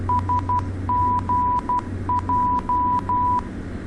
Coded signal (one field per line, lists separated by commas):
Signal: Morse code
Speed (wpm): 12 wpm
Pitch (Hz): 990 Hz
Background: none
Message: SGJ